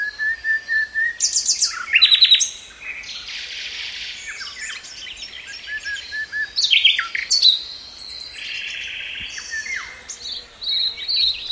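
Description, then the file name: Common nightingale delivering a sustained whistle, then a burst of rapid notes, buzzy chatter and further varied phrases. "Luscinia megarhynchos"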